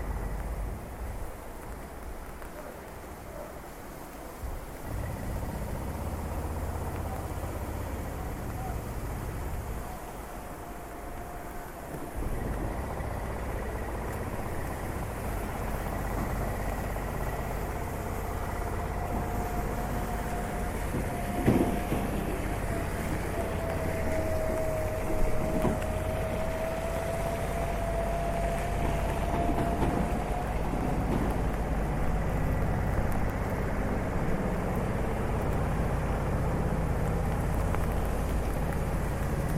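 On a city street, a steady low traffic rumble fills the air as a vehicle whines past midway, with sharp knocks around 21 and 25 seconds.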